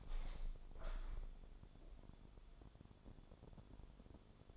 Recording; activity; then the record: daily activity, microphone in the room; open window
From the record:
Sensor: 5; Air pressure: 1000.6 hPa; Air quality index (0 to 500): 152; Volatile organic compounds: 2 ppm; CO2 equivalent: 1160 ppm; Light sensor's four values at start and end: 41/97/40/44 and 41/97/40/44